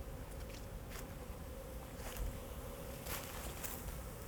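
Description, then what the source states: Low bee buzzing continues beneath scattered sharp clicks and knocks, with a steady background rumble. Bees flying around the recordist in Jacques Brelpark, Kersbeeklaan, Vorst, Belgium; train in the background; recorded binaurally with a Sennheiser Ambeo binaural headset.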